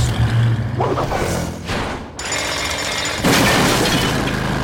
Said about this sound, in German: Bürgermeister Besserwisser durchbrach mittlerweile die nächste Mauer.